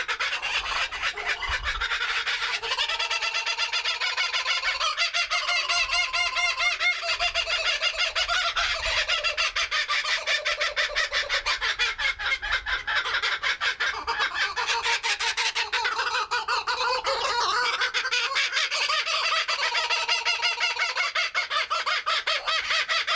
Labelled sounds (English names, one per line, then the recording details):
Blue-winged Kookaburra call
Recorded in captivity
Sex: pair
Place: Zoo Berlin, Berlin, DE
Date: 1996-04-06 15:55
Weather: heiter, 10 - 16°C
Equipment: Sony MD-WM MZ-R3, Sennheiser MKH 416 T, Kopie Uher 4000 Report Monitor
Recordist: Tembrock, Günter